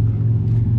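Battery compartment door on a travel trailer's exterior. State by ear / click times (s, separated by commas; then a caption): not seated / none. The battery compartment door on the exterior of a 2023 Lance 2445 travel trailer is pushed back into place, over a steady low rumble with no sharp sounds. The clip ends before the door latches closed, so nothing has seated or clicked yet.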